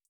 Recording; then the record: hydrophone in a shrimp aquaculture tank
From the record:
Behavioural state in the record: feeding